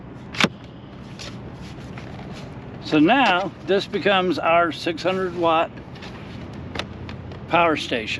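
A battery bar is released and pulled out of the bay of a Runhood Rallye 600 portable power station while the release button is held, with a sharp click at 0.4 s. A few softer knocks follow, and then someone talks.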